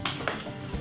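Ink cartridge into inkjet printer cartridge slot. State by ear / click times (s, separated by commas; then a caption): seated / 0.3 s. A magenta ink cartridge is pushed into its slot in an Epson WF-5110 inkjet printer while music plays in the background. A first knock comes at 0.1 s, then a sharp click at 0.3 s as the cartridge snaps home and seats.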